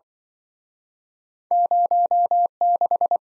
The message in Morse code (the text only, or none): 06